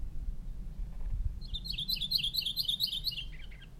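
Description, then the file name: Maui parrotbill call, a lively, rapid chain of high, bright, up-and-down notes lasting about two seconds above a low hum. "Maui Parrotbill Pseudonestor xanthophrys"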